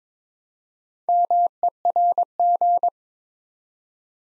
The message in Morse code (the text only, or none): MERG